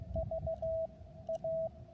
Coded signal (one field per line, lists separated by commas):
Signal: Morse code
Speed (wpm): 16 wpm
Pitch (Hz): 650 Hz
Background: radio noise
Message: VA